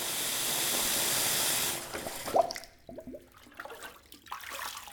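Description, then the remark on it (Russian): A loud, steady rush of water pours into a bathtub being filled for nearly two seconds, then cuts off, leaving softer sloshing, gurgles and scattered drips. “А тут вода накапливается. Например, когда мы набираем ванну.”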